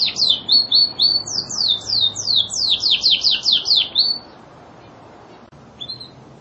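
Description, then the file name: Lizard canary song: a run of rapid descending whistled sweeps repeated about four times a second, ending after four seconds, then one brief note. Lizard breed domestic canary, used to train songbirds. "kenarilizard omkicau"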